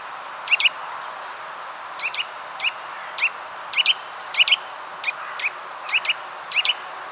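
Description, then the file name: Eurasian nuthatch giving short sharp calls, single or doubled, repeated many times at an irregular pace over a steady background hiss. "Sitta europaea"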